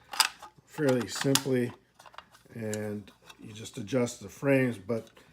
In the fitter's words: And what I did is I developed the kit so that it basically has some grooves on this on the underside here and it just snaps into place